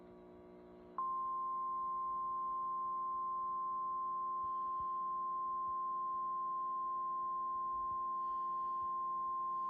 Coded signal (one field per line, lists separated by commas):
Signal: Emergency Alert System (SAME) tones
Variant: 1050 Hz attention tone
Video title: DEEP SOUTH HAVOC... EAS Alerts from 12/28/24 (EAS #5,340 - 5,369)